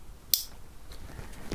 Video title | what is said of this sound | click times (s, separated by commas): APRILIA MILLE TUONO FALCO NOT STARTING FIX - What to do after flooded your bike - 4K - Tutorial | only should have a nice nice click like that | 0.3 s